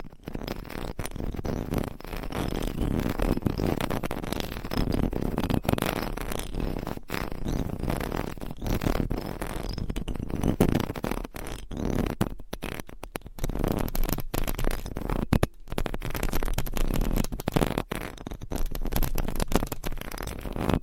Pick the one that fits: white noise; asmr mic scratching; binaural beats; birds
asmr mic scratching